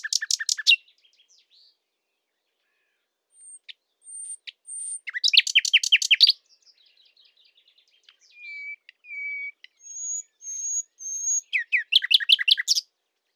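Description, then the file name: Common nightingale song: rapid buzzy rattles, soft high whistles, a loud rattling burst, clicking trills and pure whistles, then another fast rattling burst at the end. "Luscinia megarhynchos"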